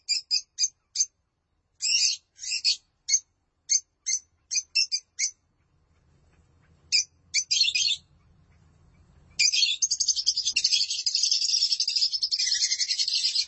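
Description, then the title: Lovebird song: a quick series of sharp high chirps, a faint low hum, then a burst of continuous shrill chatter. "Suara Burung Lovebird"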